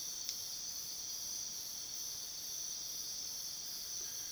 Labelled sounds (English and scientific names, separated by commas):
none